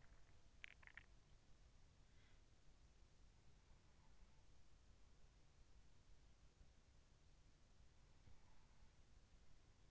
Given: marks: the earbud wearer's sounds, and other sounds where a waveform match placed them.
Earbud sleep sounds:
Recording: sounds in sleep by an in-ear microphone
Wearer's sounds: swallowing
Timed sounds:
0.00-1.43 s: swallowing

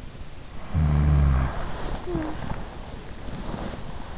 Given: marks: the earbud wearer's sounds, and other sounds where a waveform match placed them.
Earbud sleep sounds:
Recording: sounds in sleep by an in-ear microphone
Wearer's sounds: snoring breath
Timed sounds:
0.67-3.02 s: snoring breath

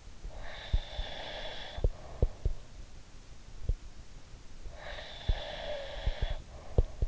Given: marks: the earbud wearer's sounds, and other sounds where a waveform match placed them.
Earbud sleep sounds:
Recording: sounds in sleep by an in-ear microphone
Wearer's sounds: breath, snoring breath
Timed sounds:
0.23-2.86 s: breath
4.68-7.08 s: snoring breath

